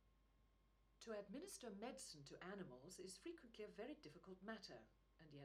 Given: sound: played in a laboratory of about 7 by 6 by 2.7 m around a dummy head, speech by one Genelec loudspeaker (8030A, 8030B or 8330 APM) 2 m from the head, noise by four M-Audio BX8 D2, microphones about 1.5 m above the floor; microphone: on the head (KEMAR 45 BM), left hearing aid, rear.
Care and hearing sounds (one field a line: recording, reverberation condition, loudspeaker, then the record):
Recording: female speech in English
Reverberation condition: low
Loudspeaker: 90 degrees to the left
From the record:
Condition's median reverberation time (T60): about 310 ms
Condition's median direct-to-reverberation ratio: about 3.5 dB